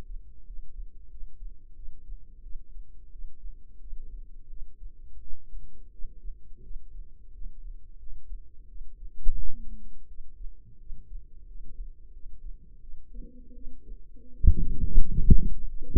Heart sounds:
heart sounds by microphone in the left ear; 86 bpm
0.45 s: heartbeat
1.09 s: heartbeat
1.75 s: heartbeat
2.42 s: heartbeat
3.11 s: heartbeat
3.79 s: heartbeat
4.49 s: heartbeat
5.20 s: heartbeat
5.91 s: heartbeat
6.62 s: heartbeat
7.32 s: heartbeat
7.98 s: heartbeat
8.68 s: heartbeat
9.36 s: heartbeat
10.07 s: heartbeat
10.78 s: heartbeat
11.46 s: heartbeat
12.12 s: heartbeat
12.81 s: heartbeat
13.54 s: heartbeat
14.33 s: heartbeat
15.10 s: heartbeat
15.81 s: heartbeat
From the record:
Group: healthy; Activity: rest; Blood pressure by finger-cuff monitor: 100/63 mmHg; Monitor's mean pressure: 79 mmHg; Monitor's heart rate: 87 bpm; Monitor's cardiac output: 7.6 L/min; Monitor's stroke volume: 91 mL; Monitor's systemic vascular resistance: 730 dyn s/cm5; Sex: female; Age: 22 years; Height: 161 cm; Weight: 65.5 kg

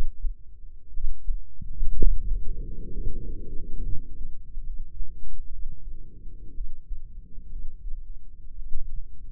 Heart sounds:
heart sounds by microphone in the left ear; 63 bpm
0.90 s: heartbeat
1.93 s: heartbeat
2.90 s: heartbeat
3.80 s: heartbeat
4.61 s: heartbeat
5.47 s: heartbeat
6.52 s: heartbeat
7.47 s: heartbeat
8.54 s: heartbeat
From the record:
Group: healthy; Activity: rest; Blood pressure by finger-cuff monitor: 122/67 mmHg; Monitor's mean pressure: 86 mmHg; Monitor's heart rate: 63 bpm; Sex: female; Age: 23 years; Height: 160 cm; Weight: 50.4 kg

